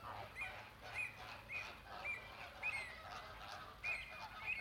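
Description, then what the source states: Flamingo calls, a series of nasal honks over softer background calling. Captive flamingos in the flamingo enclosure at Bristol Zoo.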